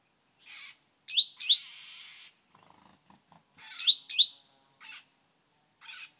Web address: SETE data Parus major